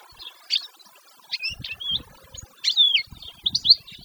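Canary song in short, scattered bursts of high chirps and whistled twitters separated by gaps, with faint low thumps beneath.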